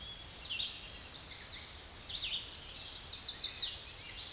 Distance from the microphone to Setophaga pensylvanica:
about 70 m